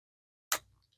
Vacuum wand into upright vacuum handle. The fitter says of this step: The first time it can be a little tight, but just kind of push and wiggle and it'll click into place.